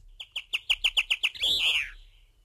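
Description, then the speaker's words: Blue chaffinch song: a run of several evenly spaced notes, then a rougher, fuller terminal flourish. Played from a published recording; emblematic bird of Tenerife and Gran Canaria, Canary Islands; its song is linked to the pine forests. "José Manuel, si te parece, vamos a comenzar este paseo sonoro por las aves de Canarias por un emblema, una ave emblemática de la isla de Tenerife, de Gran Canaria, el pinzón azul."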